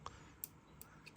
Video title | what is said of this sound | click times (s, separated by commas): กล้องวงจรปิด ไม่ใช้ไฟฟ้า ไม่ใช้ Wi-Fi บ้าน ไม่ต้องใส่ซิม แต่ดูออนไลน์￼ได้ฟรี 3ปี Dope รุ่น S71 | มันจะมีเสียงล็อคแบบนี้นะครับแล้วก็ตัวข้างๆ | 0.1 s, 0.4 s, 0.8 s, 1.1 s